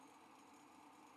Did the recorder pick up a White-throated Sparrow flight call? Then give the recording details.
no. No flight call is heard. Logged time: 08:28 on 5 December 2014